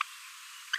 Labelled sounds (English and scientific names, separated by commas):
Green-rumped Parrotlet (Forpus passerinus) babbling